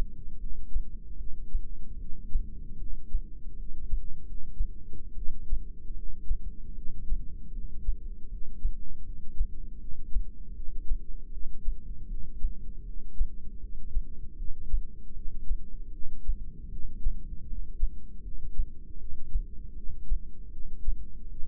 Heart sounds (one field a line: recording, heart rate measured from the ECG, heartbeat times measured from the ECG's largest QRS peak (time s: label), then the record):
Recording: heart sounds by microphone in the left ear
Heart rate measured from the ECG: 78 bpm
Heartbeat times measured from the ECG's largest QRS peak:
0.38 s: heartbeat
1.17 s: heartbeat
1.98 s: heartbeat
2.77 s: heartbeat
3.56 s: heartbeat
4.24 s: heartbeat
5.16 s: heartbeat
5.93 s: heartbeat
6.75 s: heartbeat
7.52 s: heartbeat
8.28 s: heartbeat
9.03 s: heartbeat
9.79 s: heartbeat
10.54 s: heartbeat
11.31 s: heartbeat
12.08 s: heartbeat
12.84 s: heartbeat
13.60 s: heartbeat
14.36 s: heartbeat
15.13 s: heartbeat
15.91 s: heartbeat
16.69 s: heartbeat
17.46 s: heartbeat
18.22 s: heartbeat
18.98 s: heartbeat
19.74 s: heartbeat
20.51 s: heartbeat
21.28 s: heartbeat
From the record:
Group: heart failure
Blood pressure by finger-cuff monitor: 165/114 mmHg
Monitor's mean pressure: 133 mmHg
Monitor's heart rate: 78 bpm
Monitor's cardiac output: 7.2 L/min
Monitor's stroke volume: 92 mL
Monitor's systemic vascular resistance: 1390 dyn s/cm5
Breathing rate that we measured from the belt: 12 breaths a minute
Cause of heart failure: non-ischemic cardiomyopathy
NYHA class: 1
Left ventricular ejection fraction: 62%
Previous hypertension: present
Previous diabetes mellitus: present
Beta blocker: bisoprolol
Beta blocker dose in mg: 10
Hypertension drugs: sacubitril-valsartan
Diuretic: furosemide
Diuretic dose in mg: 20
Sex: male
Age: 49 years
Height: 167 cm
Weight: 110 kg